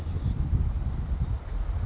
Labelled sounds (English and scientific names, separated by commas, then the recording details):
California Towhee (Melozone crissalis)
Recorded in Sonoma County, California